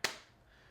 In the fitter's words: Very nice, solid click on here.